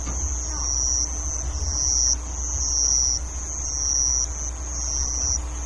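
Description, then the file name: Band-legged ground cricket singing a high, steady trill that swells and dips about once a second, over a constant low hum. Recorded 18 June 2014. "20140618 A-madarasuzu"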